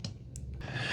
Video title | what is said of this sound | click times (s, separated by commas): Shark Power Detect Clean & Empty (IP3253) Review - Ultimate Cordless Vacuum for Pet Hair & Carpets | And then just push it back in till it clicks. | 0.1 s